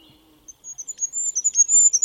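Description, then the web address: Bird giving a rapid series of very high, sharp chirps that build in loudness and run together into a wavering chatter. "Bird Only"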